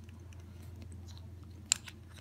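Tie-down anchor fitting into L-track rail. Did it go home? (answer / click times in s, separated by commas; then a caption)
yes / 1.7 s. A tie-down anchor fitting from another maker is slid into an aluminium L-track rail and locked in place to show the two are compatible. Over a low steady hum, faint small taps lead up to a sharp metallic click at 1.7 s as the anchor locks in, followed by a second, softer snap near 2.2 s. The anchor is seated in the track.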